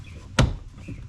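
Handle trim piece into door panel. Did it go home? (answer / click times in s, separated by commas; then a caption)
yes / 0.4 s. The front end of a plastic trim piece that slides over the door handle is pressed into the door panel of a 1992-to-present Ford E150/E250/E350 van, with the back end already in. A single loud, sharp snap comes at 0.4 s as the handle trim seats.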